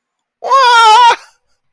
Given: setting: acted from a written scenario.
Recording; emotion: vocal sound without words; positive surprise